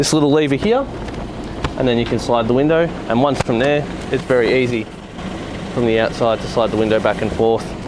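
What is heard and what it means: On a 2013 Nissan Navara ST D40 Series 6 dual cab ute, the latch lever of the sliding rear cab window is handled and the window is slid back and forth in its frame toward closed. Someone talks throughout over a low steady background. The clip ends before the latch locks, so nothing has seated or clicked yet.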